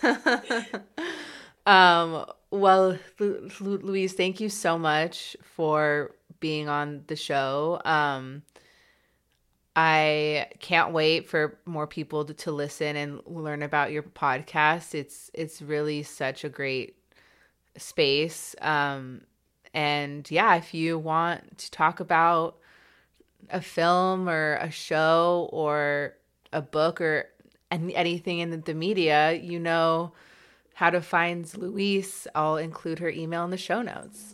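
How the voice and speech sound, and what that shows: Speech from a woman who stutters, with a prolonged, repeated onset on a name, stretched words, fillers and frequent pauses.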